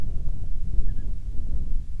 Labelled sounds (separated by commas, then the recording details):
wind
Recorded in the Prudhoe Bay oil fields, Alaska, on 10 July 2019 at 09:22
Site 11